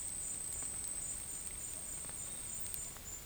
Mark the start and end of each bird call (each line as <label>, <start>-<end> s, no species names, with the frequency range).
bird call (3.0-4.3 kHz), 2.07-2.70 s